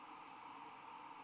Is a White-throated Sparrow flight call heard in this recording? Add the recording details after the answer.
no. No flight call is heard. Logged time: 06:38 on 15 December 2014